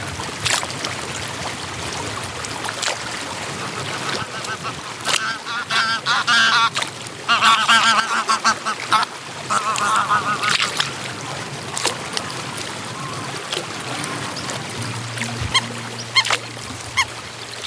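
Ducks on the lake quack in scattered, clustered bursts, busiest between six and eleven seconds, over steady water wash and a low hum near the end.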